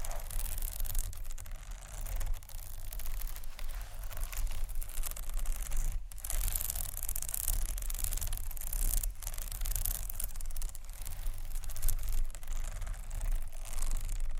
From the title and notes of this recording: ASMR 4 Textured Bags 1 Hour（No Talking）.